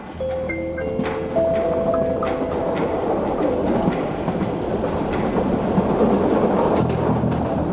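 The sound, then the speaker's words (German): A train travelling to Flensburg rolls steadily along the rails with a loud, continuous rumble and faint rhythmic clatter of wheels, while a few held tones ring out briefly at the start. “Dass ich mich 2 Tage später mit einer Fahrkarte nach Flensburg im Zug wiederfand, mag als seltsames Ergebnis erscheinen.”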